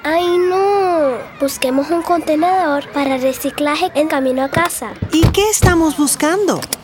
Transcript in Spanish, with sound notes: ¡Ahí no! Busquemos un contenedor para reciclaje camino a casa. [SFX: SE CIERRA LA PUERTA DEL AUTO Y ACELERA] MAMÁ: ¿Y, qué estamos buscando? NIÑO/A: